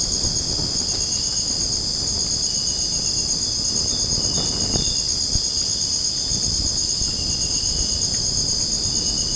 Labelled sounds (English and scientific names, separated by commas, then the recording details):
none
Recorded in secondary vegetation near Puerto Asís, Putumayo, Colombia, on 8 March 2025 at 01:00
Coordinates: 0.481, -76.318
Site G097